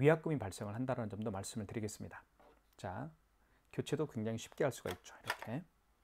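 Someone talks while handling a KMC-Z603 wireless card payment terminal, about to press a part (the battery or back cover) into its plastic body to show how easy replacement is. Only speech is heard, and the clip ends before the part goes home, so nothing has seated or clicked yet.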